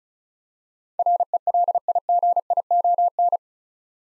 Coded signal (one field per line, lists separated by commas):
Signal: Morse code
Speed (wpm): 34 wpm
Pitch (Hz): 700 Hz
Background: none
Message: RELIGION